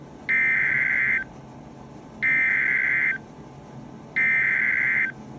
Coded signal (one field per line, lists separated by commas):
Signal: Emergency Alert System (SAME) tones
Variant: header bursts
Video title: EAS 2005-2023 (6/22 - 7/17/22)